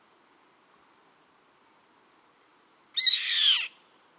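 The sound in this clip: Bird giving a single harsh, hissing screech lasting under a second, preceded by a faint short chirp, with silence around it.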